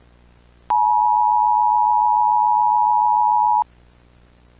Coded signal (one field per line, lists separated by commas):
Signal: Emergency Alert System (SAME) tones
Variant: 853 and 960 Hz attention tone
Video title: EAS for Perpheads Halloween Event 2025